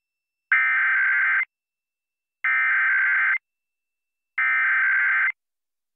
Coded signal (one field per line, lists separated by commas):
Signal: Emergency Alert System (SAME) tones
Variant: header bursts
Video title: Florida Required Monthly Test on WKIS Boca Raton, FL (Kiss Country 99.9) (11/29/22) (EAS #63)